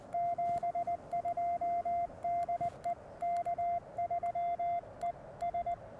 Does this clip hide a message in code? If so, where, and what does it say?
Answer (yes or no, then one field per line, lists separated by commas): yes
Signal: Morse code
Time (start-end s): 0.1-5.7 s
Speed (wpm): 20 wpm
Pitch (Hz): 690 Hz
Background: radio noise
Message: 72 DE K3ES